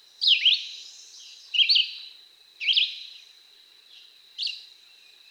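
Red-eyed Vireo giving four short slurred whistled phrases and the start of a fifth, spaced a little over a second apart, the fourth softer.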